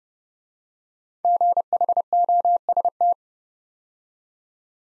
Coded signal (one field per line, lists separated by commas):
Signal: Morse code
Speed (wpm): 30 wpm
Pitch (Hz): 700 Hz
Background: none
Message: GHOST